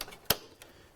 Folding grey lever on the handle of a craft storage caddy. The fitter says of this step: when you ready just open them back out you can hear that snap and